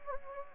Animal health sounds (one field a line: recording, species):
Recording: mosquito wingbeat signal from an infrared sensor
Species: Anopheles gambiae